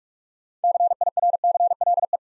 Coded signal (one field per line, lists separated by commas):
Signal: Morse code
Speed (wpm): 44 wpm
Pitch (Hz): 700 Hz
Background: none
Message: CIRCLE